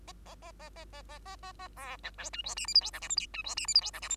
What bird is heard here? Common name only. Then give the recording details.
Bengalese Finch. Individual Bird2